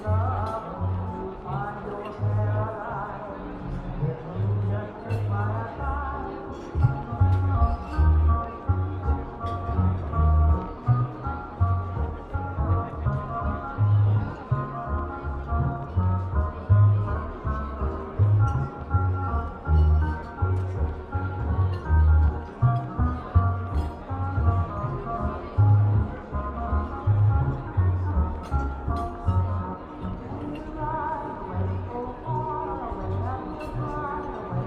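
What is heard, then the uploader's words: Oldie music plays steadily in a coffee shop, with a regular thumping bass line and sustained melody, while light talking murmurs underneath. Oldie music playing in a coffee shop (light talking).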